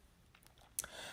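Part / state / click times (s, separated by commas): plastic diffuser into ring light frame / seated / 0.8 s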